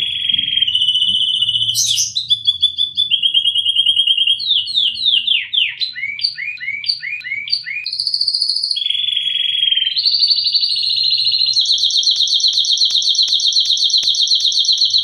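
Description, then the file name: Canary song with long high rolls, bouncing chip series and sustained trills changing pitch every few seconds, ending in a buzzy high tour over faint low clicks. Mix of American Singer and Timbrado canary song, made for teaching song to birds. "paduan americansinger timbrado omkicau"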